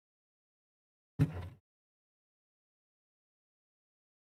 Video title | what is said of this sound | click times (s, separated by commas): I usually take them apart... - $2000 Neon Green PC Build - HYTE Y70 + RX 9060 XT | Till it clicks, which just happened. | 1.2 s